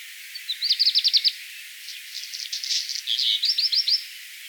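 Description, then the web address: Black redstart singing a full phrase. A fast series of high clipped notes leads into a dry crackling rattle, then ends with another rapid run of repeated notes. "vogelstimmen hausrotschwanz gesang nabu lars lachmann"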